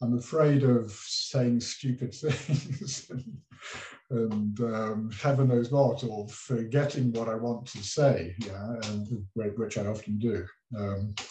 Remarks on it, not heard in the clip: Was a severe stutterer at the age of 40 he stopped stuttering. You can hear me stuttering now, but I keep moving forward anyway.